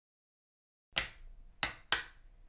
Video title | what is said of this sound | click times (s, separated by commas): Fluke 83 Multimeter Tear Down! All Good Until This Happened! | and that's letting me know that it's snapped back into place so | 1.0 s, 1.6 s, 1.9 s